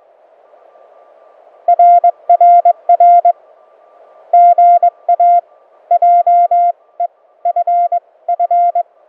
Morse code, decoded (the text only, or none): RRR GA JEFF